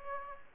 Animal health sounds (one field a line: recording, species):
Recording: mosquito wingbeat signal from an infrared sensor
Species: Aedes aegypti